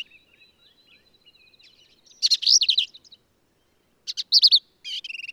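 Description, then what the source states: Black-capped vireo song: a faint thin note, then bursts of quick slurred, chattering notes, the last ending in a buzzy rattle. Male; endangered species; varies phrases, truncating, embellishing or running several together; lively, emphatic performance; Kerr Wildlife Management Area, Hunt, Texas hill country.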